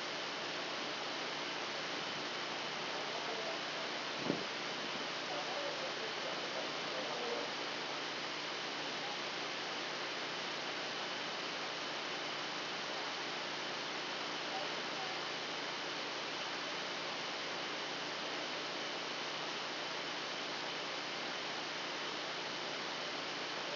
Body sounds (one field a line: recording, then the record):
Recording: brain microelectrode recording played as sound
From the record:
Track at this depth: inside the subthalamic nucleus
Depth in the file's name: 1.712 mm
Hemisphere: left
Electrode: 2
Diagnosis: Parkinson's disease